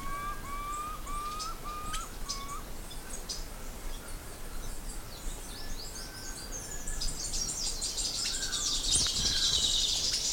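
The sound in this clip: Bird calls: a run of short rising whistles repeated about twice a second, then dense high chirping building toward the end over steady background hiss.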